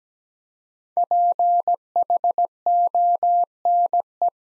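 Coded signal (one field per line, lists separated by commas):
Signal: Morse code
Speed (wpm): 17 wpm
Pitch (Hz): 700 Hz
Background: none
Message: PHONE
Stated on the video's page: Morse practice drill of 5-letter words at 17 wpm, each word sent twice around a spoken version, for head-copy.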